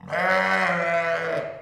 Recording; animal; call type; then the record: contact call of a hoofed animal; sheep; low-frequency (closed-mouth) or high-frequency (open-mouth) call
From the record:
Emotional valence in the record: negative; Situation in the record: short social isolation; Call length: 1.61 s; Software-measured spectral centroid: 1900 Hz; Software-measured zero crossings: 2130 a second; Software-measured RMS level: -24 dBFS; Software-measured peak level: -11 dBFS